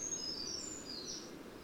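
Bird song: soft, very high thin whistles and a short sliding note, heard over constant low background noise.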